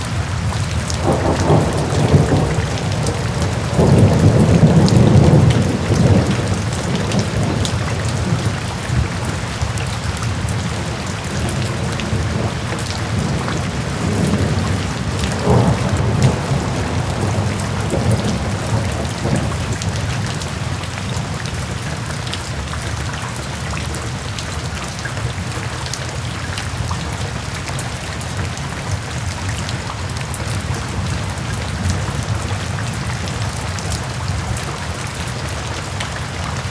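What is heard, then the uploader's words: Rain falls steadily on leaves and pavement, a dense, even patter of drops through the whole recording. In the first twenty seconds, low rumbling swells rise beneath it, strongest around five seconds, like thunder, then the shower settles into a uniform hiss. Afternoon Rain Shower. The gentle tapping of raindrops on leaves and pavement creates a tranquil atmosphere.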